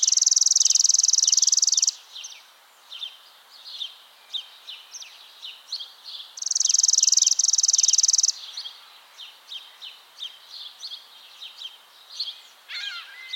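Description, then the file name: Chipping sparrow delivering two flat, rattling trills of rapid identical notes, each about two seconds long, with many short high chips in between. "Spizella passerina - Chipping Sparrow"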